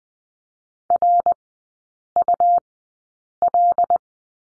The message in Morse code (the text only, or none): RUL